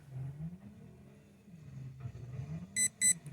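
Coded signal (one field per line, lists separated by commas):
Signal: beep code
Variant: Spektrum Dynamite ESC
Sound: two short high beeps near the end over a low humming background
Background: low motor hum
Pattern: 2 short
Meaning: Brake force currently set to 50%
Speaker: There's the 2 beeps from holding the button down.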